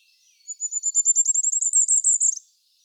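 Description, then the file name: Firecrest song, a single high, needle-thin series of repeated notes rising in pitch into a final flourish, in quiet surroundings. "ROITELET TRIPLE NORMAL MONO"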